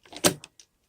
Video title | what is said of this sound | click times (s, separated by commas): AVCROWNS Portable Digital Audio Sytem Review! DP09 (FM) | lift that all the way up for easy transport locks into place | 0.4 s, 0.6 s